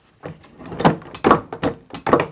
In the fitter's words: Yep, locks in place.